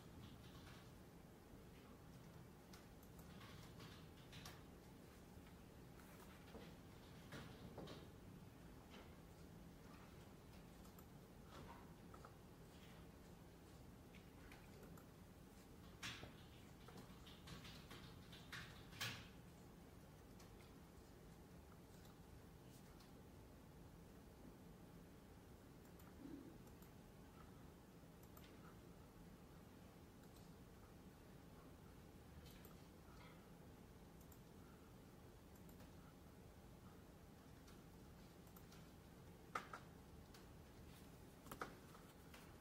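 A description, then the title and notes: Quiet indoor library ambience with a steady low hum filling the room. Scattered soft clicks and knocks, like cupboards or doors closing, break through now and then, with sharper taps near 16–19 seconds and 40–42 seconds, and faint voices. Glasgow library. (university of glasgow).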